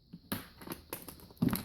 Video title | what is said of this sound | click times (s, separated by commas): How to Replace A Battery In A Suzuki DRZ400 | twist and you'll hear it pop loose we do that for all three and then this cover will be removed | 0.3 s